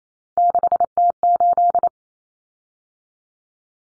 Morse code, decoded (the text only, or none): 6T8